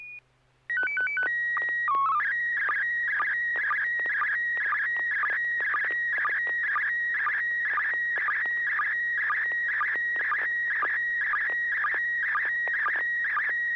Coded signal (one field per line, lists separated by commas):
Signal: SSTV (slow-scan television)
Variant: PD 120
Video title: N6NA SSTV Net - 11/01/2023